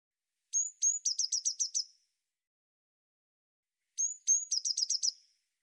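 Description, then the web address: Eurasian blue tit calling twice, about three and a half seconds apart, each phrase two sharp high whistles and a fast run of buzzy notes. "cianscape birddata Deverinetal 2025 File cleaned normalized Bird Cy Ca"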